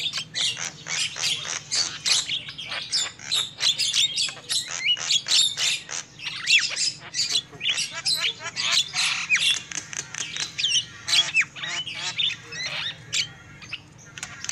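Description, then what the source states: Lovebirds chattering for a long stretch, rapid sharp squeaks and grating screeches in dense bursts with brief gaps, over a faint low hum. Lovebird calls used as a lure for trapping birds.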